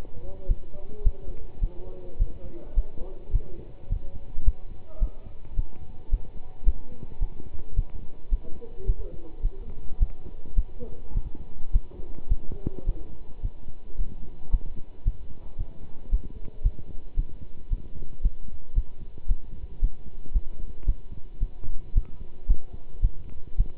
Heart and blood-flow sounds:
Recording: heart sounds by stethoscope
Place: between the tricuspid and mitral areas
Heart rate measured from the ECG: 109 bpm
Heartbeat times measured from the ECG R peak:
0.47 s: heartbeat
1.03 s: heartbeat
1.60 s: heartbeat
2.18 s: heartbeat
2.75 s: heartbeat
3.32 s: heartbeat
3.89 s: heartbeat
4.44 s: heartbeat
4.99 s: heartbeat
5.56 s: heartbeat
6.10 s: heartbeat
6.64 s: heartbeat
7.19 s: heartbeat
7.75 s: heartbeat
8.29 s: heartbeat
8.86 s: heartbeat
9.42 s: heartbeat
9.99 s: heartbeat
10.55 s: heartbeat
11.14 s: heartbeat
11.72 s: heartbeat
12.28 s: heartbeat
12.86 s: heartbeat
13.42 s: heartbeat
13.97 s: heartbeat
14.50 s: heartbeat
15.04 s: heartbeat
15.57 s: heartbeat
16.10 s: heartbeat
16.62 s: heartbeat
17.16 s: heartbeat
17.69 s: heartbeat
18.22 s: heartbeat
18.74 s: heartbeat
19.27 s: heartbeat
19.80 s: heartbeat
20.32 s: heartbeat
20.85 s: heartbeat
21.39 s: heartbeat
21.94 s: heartbeat
22.47 s: heartbeat
23.01 s: heartbeat
23.57 s: heartbeat
From the record:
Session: pedaling a stationary bicycle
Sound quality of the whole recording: good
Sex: male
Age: 27 years

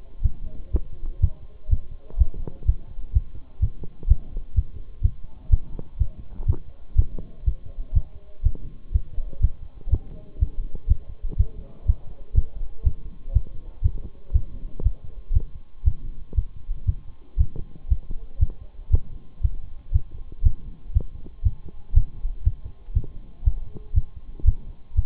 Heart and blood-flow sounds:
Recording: heart sounds by stethoscope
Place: between the tricuspid and mitral areas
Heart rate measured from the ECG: 121 bpm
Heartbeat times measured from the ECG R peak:
0.24 s: heartbeat
0.73 s: heartbeat
1.22 s: heartbeat
1.71 s: heartbeat
2.20 s: heartbeat
2.67 s: heartbeat
3.15 s: heartbeat
3.62 s: heartbeat
4.09 s: heartbeat
4.56 s: heartbeat
5.04 s: heartbeat
5.52 s: heartbeat
6.00 s: heartbeat
6.48 s: heartbeat
6.97 s: heartbeat
7.46 s: heartbeat
7.95 s: heartbeat
8.45 s: heartbeat
8.94 s: heartbeat
9.43 s: heartbeat
9.92 s: heartbeat
10.41 s: heartbeat
10.90 s: heartbeat
11.39 s: heartbeat
11.88 s: heartbeat
12.36 s: heartbeat
12.86 s: heartbeat
13.35 s: heartbeat
13.84 s: heartbeat
14.34 s: heartbeat
14.85 s: heartbeat
15.35 s: heartbeat
15.86 s: heartbeat
16.37 s: heartbeat
16.88 s: heartbeat
17.39 s: heartbeat
17.90 s: heartbeat
18.41 s: heartbeat
18.93 s: heartbeat
19.43 s: heartbeat
19.94 s: heartbeat
20.45 s: heartbeat
20.95 s: heartbeat
21.45 s: heartbeat
21.95 s: heartbeat
22.45 s: heartbeat
22.95 s: heartbeat
23.46 s: heartbeat
23.96 s: heartbeat
24.47 s: heartbeat
24.97 s: heartbeat
From the record:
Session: Bruce protocol treadmill stress test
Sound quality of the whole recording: partially saturated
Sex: male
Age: 23 years

